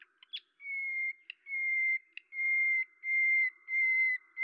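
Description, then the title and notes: Common nightingale singing long, pure, even whistled notes, repeated several times and separated by brief clicks. Recorded at Lavours, France, on 10 May 1998 with a Tascam DAP-1 recorder and a Telinga microphone; edited in Samplitude 5.1. "D83, 01350 Lavours, France - rossignol à LAVOURS. 10/05/1998"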